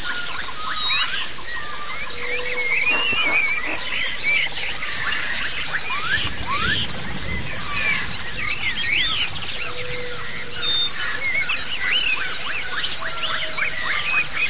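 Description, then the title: White-eyes singing in chorus: continuous high, rapid twittering notes with occasional lower looping whistles mixed in. Therapy sound of white-eyes singing in ombyokan style, used as a training (masteran) recording. "Suara Terapi Pleci Ombyokan 2"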